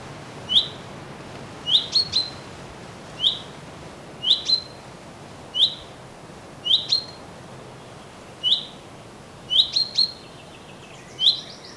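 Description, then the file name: Common chaffinch calling: a steady run of sharp, high single and double chip notes. "Fringilla coelebs"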